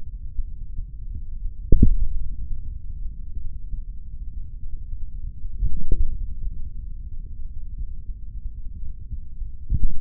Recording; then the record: forearm muscle sounds (acoustic myography)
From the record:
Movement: hand opening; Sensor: system 3, bracelet of six PUI Audio POM-2738L microphones around the upper forearm, with dedicated amplification and filtering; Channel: 5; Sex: male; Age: 26 years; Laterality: right